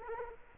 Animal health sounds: mosquito wingbeat signal from an infrared sensor; Aedes aegypti

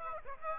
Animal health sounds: mosquito wingbeat signal from an infrared sensor; Aedes aegypti

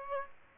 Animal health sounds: mosquito wingbeat signal from an infrared sensor; Aedes aegypti

